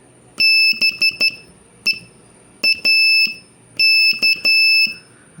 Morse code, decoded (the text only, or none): BEAK